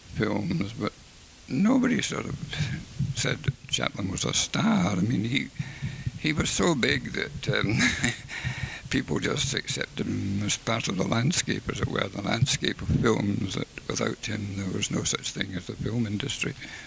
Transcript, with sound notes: films, but nobody sort of said Chaplin was a star. I mean he was so big that erm [laughs] that people just accepted him as a part of the landscape as it were, the landscape of films, without him there was no such thing as a film industry.